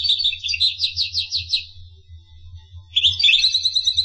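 Finch song: a quick trill of high pulsed notes fading out, a second's quiet, then a fresh twittering phrase, with a soft low hum throughout.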